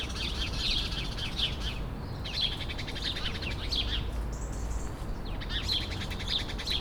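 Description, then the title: Sparrows chirping in bursts of bright overlapping chips and twitters, pausing between clusters, over a steady low rumble of traffic. Sparrows sheltering in a laurel bush in Bassens, France, around 6 pm, with traffic noise in the background. "11 Rue de l'Église, Bassens, France - Moineaux"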